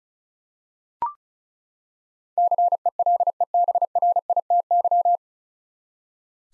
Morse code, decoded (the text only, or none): CELEBRITY